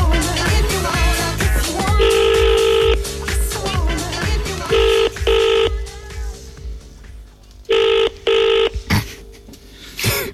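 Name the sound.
telephone dialing and ringing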